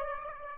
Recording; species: mosquito wingbeat signal from an infrared sensor; Aedes aegypti